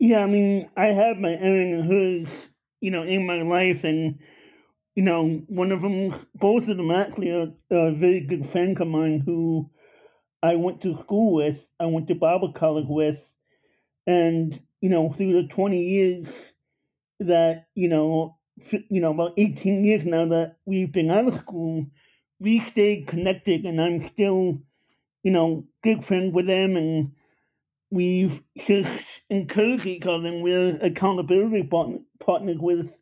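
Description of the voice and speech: Fluent conversational speech from an adult man born with Apert syndrome, with a nasal quality and some blurred consonants: a mild speech impediment.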